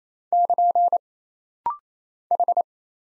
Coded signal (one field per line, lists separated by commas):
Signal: Morse code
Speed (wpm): 27 wpm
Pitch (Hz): 700 Hz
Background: none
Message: <KN> H